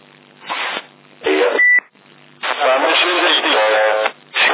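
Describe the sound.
A CB radio transmission with an echo effect: muffled, tinny voice bursts come and go over a faint hiss, with a short high beep partway through and a longer stretch of garbled talk.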